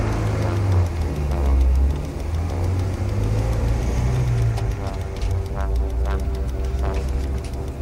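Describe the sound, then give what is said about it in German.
A car engine idles steadily, a deep, continuous rumble with a low droning hum, joined now and then by faint clicks and brief higher squeaks. “Lassen Sie den Motor laufen.”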